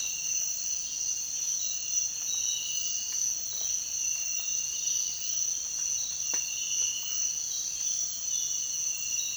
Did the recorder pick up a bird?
no